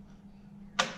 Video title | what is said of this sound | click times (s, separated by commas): Scotty Time #4 | keeps the switch from rotating snaps in place again | 0.8 s